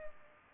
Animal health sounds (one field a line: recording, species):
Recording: mosquito wingbeat signal from an infrared sensor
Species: Culex pipiens